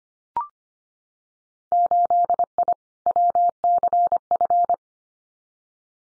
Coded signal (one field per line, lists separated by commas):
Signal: Morse code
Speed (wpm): 25 wpm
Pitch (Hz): 700 Hz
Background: none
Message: 8I WCF